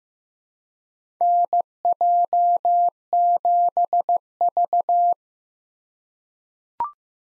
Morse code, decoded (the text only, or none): NJ7V